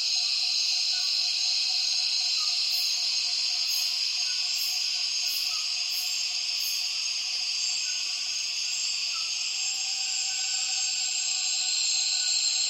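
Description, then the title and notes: Cicada chorus, a continuous shrill buzzing wall of sound. A run of regular high pulses comes in the first half, and soft scattered chirps sound underneath. Many cicadas calling as afternoon light fades at dusk, Tawau Hills National Park, Borneo rainforest; recorded with Zoom F6 and Lom MikroUsi Pro microphones. "Intense Dusk Chorus In The Borneo Rainforest. A myriad cicadas start calling as soon as the afternoon light begins to fade in Tawau Hills NP, Borneo"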